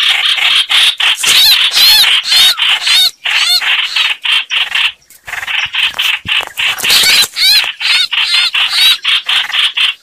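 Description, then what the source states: Red-whiskered bulbul distress calls, rough rasping notes about twice a second with looping warbled squeaks, pausing briefly midway before resuming. Calling for help, a distress call.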